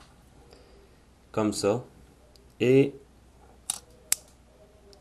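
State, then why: Seated. During the robot-mode transformation of a ROTF Mindwipe transforming figure, a plastic part is lined up with its mating slot and pushed until it engages, with everything aligned so it clicks in properly. Someone talks, then two sharp snaps are heard at 3.7 and 4.1 seconds as the part seats in place.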